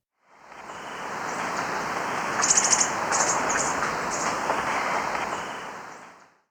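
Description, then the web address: Greenish Puffleg giving a brief burst of very high, thin twittering notes near the middle, then a few scattered high chips, over a steady loud rushing noise throughout. Recorded in Ecuador. "Birds of Ecuador. Greenish Puffleg"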